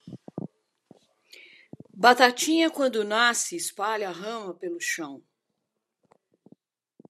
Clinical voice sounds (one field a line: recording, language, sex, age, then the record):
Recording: short text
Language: Brazilian Portuguese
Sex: female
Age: 60 to 69 years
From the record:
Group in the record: control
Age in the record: 69 years